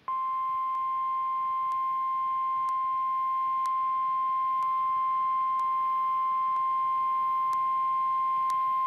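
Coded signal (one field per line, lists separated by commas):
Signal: Emergency Alert System (SAME) tones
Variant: 853 and 960 Hz attention tone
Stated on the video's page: Flood warning recorded off TV, header tones missed, incomplete activation.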